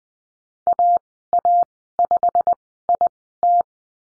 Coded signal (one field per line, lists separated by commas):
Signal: Morse code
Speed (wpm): 20 wpm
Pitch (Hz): 700 Hz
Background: none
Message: AA5IT